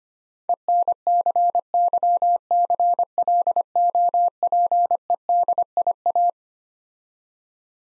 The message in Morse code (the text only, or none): ENCYCLOPEDIA